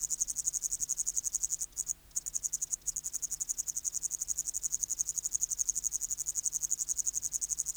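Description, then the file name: Upland green bush-cricket song: a continuous high buzzy stridulation made of rapid pulses, briefly interrupted a few times around the two-second mark. "Tettigonia cantans"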